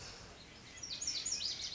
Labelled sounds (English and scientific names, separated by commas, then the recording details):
Lazuli Bunting (Passerina amoena)
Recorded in Sonoma County, California